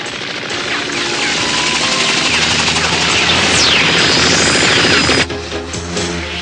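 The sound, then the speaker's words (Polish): Videl's helicopter in Dragon Ball Z flies past with a loud, steady, rapid rotor chop over a whining engine. A brief rising and falling whine cuts through before the roar suddenly drops and continues more quietly. “To helikopter małej Videl.”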